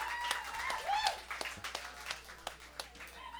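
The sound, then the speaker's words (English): An audience applauds a special guest keyboard player, a dense patter of many hands with sharper individual claps standing out, mixed with cheering voices and a brief whistle-like whoop early on, at steady moderate loudness throughout. “Give him a loud round right there.”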